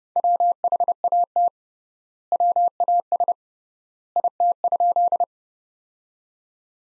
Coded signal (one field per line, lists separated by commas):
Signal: Morse code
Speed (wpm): 30 wpm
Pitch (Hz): 700 Hz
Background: none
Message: WHAT WAS IT?